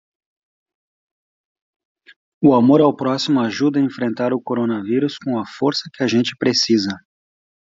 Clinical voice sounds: spoken sentence; Brazilian Portuguese; male; 30 to 39 years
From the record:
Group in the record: control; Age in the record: 39 years

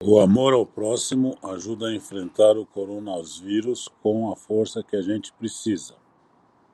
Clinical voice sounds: spoken sentence; Brazilian Portuguese; male; 60 to 69 years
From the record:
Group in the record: control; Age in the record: 62 years

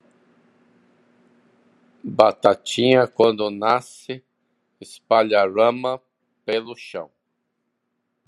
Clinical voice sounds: short text; Brazilian Portuguese; female; 50 to 59 years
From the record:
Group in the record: control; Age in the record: 53 years

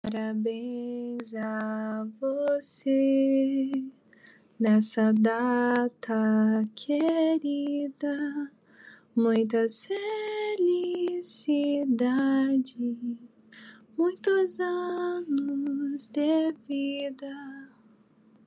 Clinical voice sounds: short text; Brazilian Portuguese; female; 20 to 29 years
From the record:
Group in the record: control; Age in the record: 24 years

